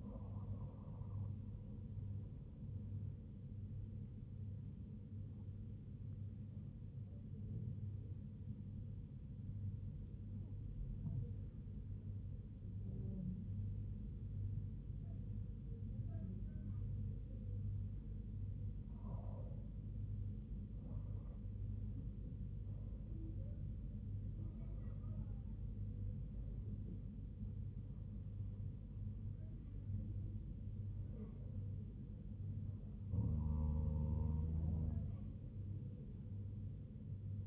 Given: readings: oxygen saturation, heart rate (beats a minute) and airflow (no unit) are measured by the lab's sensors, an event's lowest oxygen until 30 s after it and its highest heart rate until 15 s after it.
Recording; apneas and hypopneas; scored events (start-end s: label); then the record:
breathing in sleep by a smartphone at the bedside; 1
7.00-21.70 s: hypopnea (N2, oxygen 98% highest, then 96% lowest, heart rate 72 at the start, 84 highest)
15.00-37.47 s: new sleep stage, N1 (lightest sleep)
From the record:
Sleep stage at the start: N2 (light sleep); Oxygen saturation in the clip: 96 to 98%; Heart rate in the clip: 69 to 84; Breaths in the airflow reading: 6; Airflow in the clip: -5.2 to 5.5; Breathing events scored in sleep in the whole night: 158 in 7.3 hours asleep